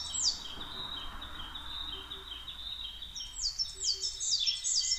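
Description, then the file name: Coal tit song: high thin downslurred notes briefly at the start and in a quick run at the end, with a softer, lower repeated phrase running beneath. Recorded 22 May 2010 at 17:33. "higara 20100522 1733"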